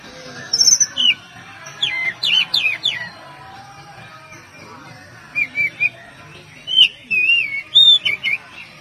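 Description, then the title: Oriental magpie-robin delivering a sequence of sharp whistles, quick downslurred notes and warbled twisting phrases in bursts separated by short pauses, over a soft background hum. "Kacer"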